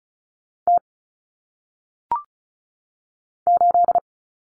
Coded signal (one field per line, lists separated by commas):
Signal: Morse code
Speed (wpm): 36 wpm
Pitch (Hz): 700 Hz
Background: none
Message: T 8